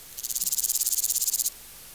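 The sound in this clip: Grasshopper (Omocestus bolivari): grasshopper song: a high, dry buzz of about twenty rapid, evenly spaced pulses lasting just over a second, then stopping abruptly, with faint background hiss.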